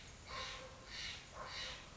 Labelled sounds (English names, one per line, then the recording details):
Steller's Jay
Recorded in Sonoma County, California